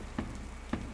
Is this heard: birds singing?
no